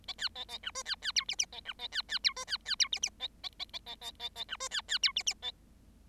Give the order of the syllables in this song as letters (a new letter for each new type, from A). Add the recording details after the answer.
A B A A C D B B E F F A C A B B E D B B E F F A A A A A A A A C D B B E F F A. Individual Bird7